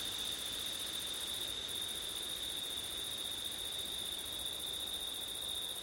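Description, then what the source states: A dense cricket chorus of unbroken high trills, one strong band and a fainter one higher up, with light wind rustle beneath. Crickets on a windy September night; ORTF stereo.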